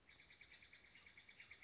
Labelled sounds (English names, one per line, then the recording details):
Steller's Jay
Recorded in Sonoma County, California